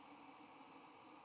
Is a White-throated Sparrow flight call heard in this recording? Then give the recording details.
yes. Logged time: 07:51 on 3 November 2014